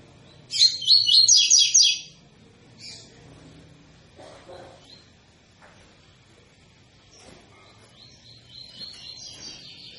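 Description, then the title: Double-collared seedeater song, a fast bright phrase of repeated high warbled notes lasting about a second and a half, followed by faint scattered chirps. Tui-tui song style of a spirited ('fibra') bird, a teacher song used for training young birds. "COLEIRO TUI TUI FIBRA"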